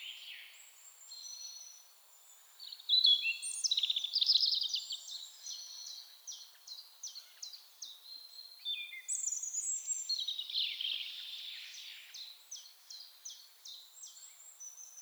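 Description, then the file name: European robin pouring out long high, twinkling phrases with rapid repeated notes and liquid warbles, rising and falling in loudness across the passage. "Erithacus rubecula"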